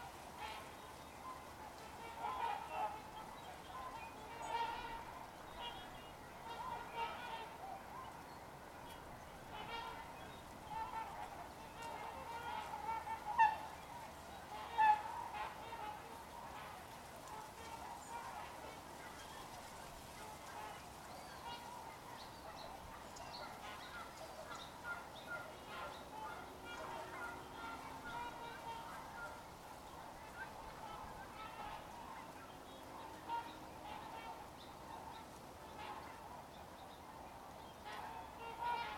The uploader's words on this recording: Ridgefield Swans. In our soundscape at Ridgefield National Wildlife Refuge, recorded January 30, 2024, we hear two species. In the foreground is the call of the Trumpeter Swan. The Trumpeter sounds like a brassy, oh-OH , while the Tundra sounds more like woo or oo-ou-oo.